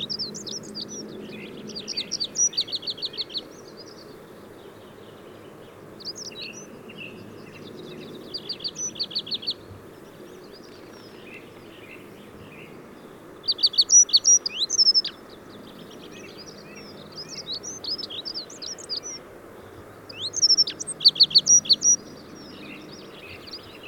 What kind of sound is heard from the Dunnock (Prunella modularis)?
song